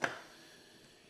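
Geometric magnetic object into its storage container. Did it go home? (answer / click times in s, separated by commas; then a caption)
yes / 0.0 s. A geometric vector-equilibrium object is placed into its storage and charging container and magnetically snaps into place with one sharp snap at 0.0 s. The snap rings briefly and fades into quiet, and the object is seated.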